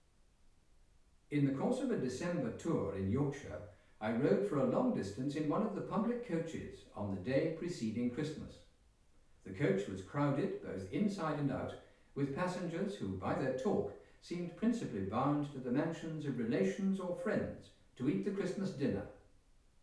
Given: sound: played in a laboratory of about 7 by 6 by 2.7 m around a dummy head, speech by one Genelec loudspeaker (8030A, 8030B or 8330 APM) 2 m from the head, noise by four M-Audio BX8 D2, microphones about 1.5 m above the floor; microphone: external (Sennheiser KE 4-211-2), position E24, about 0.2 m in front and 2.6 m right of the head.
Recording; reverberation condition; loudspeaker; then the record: male speech in English; medium; 90 degrees to the left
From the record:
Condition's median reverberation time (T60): about 510 ms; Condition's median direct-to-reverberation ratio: about -0.5 dB